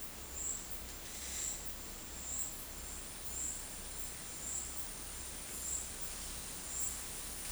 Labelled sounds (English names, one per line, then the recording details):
none
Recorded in dense forest near Puerto Asís, Putumayo, Colombia, on 21 February 2024 at 13:00
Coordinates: 0.484, -76.317
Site G6464